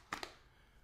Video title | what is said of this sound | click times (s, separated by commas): This Clear Case will NEVER YELLOW! - Dbrand Ghost for iPhone 15 Pro Max | little good click but you can feel that it is solid on the phone | 0.1 s